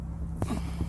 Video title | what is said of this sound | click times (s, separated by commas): Group Hike, Prep, & Car Camping (Waterloo Rec Area) | I just heard it click. | 0.4 s